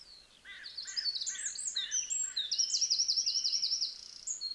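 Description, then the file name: Eurasian wren song: a few lower repeated chips under a rapid run of high, varied notes, then a fast, even trill, with a few notes after it. "Troglodytes troglodytes"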